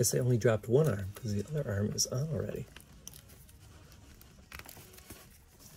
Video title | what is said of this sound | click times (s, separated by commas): Unboxing, Review, Screen Comparison BLURRG & Mandalorian Star Wars Vintage Collection | All right, well, it feels like his legs are on there pretty well, but there was no satisfying snap, so that was a little disappointing. | none